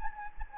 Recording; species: mosquito wingbeat signal from an infrared sensor; Anopheles gambiae